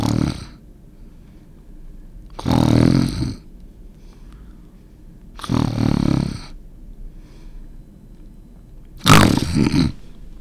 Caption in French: Une personne qui ronfle et qui souffre d'apnée. Les voies respiratoires supérieures s'affaissent, derrière la langue ou plus bas, ce qui rend la respiration bruyante. Éventuellement, il se produit une obstruction complète représentée par une période de silence pendant laquelle le CO2 normalement excrété par l'organisme s'accumule dans le sang. Le cerveau le perçoit et envoie l'ordre de prendre une grande inspiration. C'est le snort, un terme anglais pour gros ronflement.